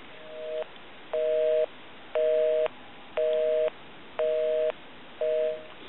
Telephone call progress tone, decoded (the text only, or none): busy tone